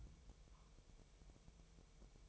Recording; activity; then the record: daily activity, microphone in the room; take from stove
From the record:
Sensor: 1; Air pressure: 999.3 hPa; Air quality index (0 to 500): 203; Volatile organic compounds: 44 ppm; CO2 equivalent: 3218 ppm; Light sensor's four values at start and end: 9/22/8/9 and 9/21/8/9